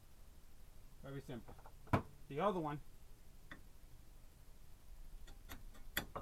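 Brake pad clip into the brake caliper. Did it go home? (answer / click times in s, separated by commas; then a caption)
yes / 6.0 s. Someone talks while the second new brake pad is fitted into the brake caliper on the left side of a Dodge Neon during a brake pad replacement. A few faint taps come before its spring clip snaps home with a sharp click at 6.0 seconds, and the pad is seated.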